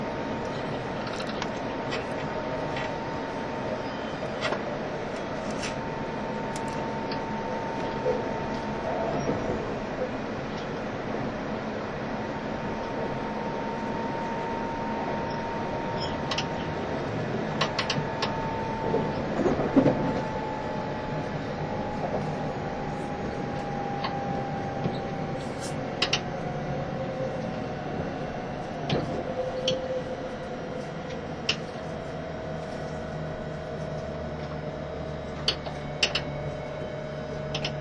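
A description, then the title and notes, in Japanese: Inside an E351 series Super Azusa train between Hachioji and Shinjuku: a steady rumble with a gliding motor tone, scattered clicks, and a brief thump near twenty seconds. E351系 Sあずさ18号03 八王子～新宿。全車引退したJR東日本唯一の振り子式車両であったE351系、速達運用だったSあずさを収録したものです。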